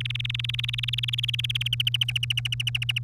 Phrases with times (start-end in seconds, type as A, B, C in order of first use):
0.01-1.68 A, 1.73-2.98 B